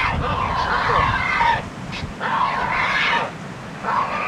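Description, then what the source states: Pelicans giving three loud, rasping, squealing bursts separated by short pauses, with a low rumbling background. Soundscape of a pelican nesting colony on Isla Iguana, October 2005.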